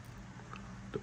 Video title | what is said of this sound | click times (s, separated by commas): Masters of the Universe - Thundercats figure review. | Popped into place. | 0.5 s, 0.9 s